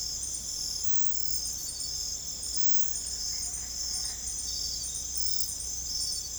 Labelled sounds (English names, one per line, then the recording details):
none
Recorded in secondary vegetation near Puerto Asís, Putumayo, Colombia, on 16 December 2024 at 23:30
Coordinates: 0.468, -76.324
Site G095